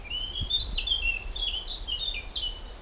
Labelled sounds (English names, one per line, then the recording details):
Eurasian Blackcap
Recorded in the wild
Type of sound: song, call, call sequence, twittering
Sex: male
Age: adult
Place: Blankenfelde, Tegeler Fließ, Berlin, DE
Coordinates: 52.645, 13.395
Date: 1992-05-30 12:31
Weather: sonnig, heiter bis wolkig, 20-24°C, böiger Wind
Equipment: Marantz CP 430, Sennheiser ME 80, K 30 AV, Kopie Tesla B 116
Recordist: Tembrock, Günter
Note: Wäldchen am Standrohr; Gesang, 1 Strophe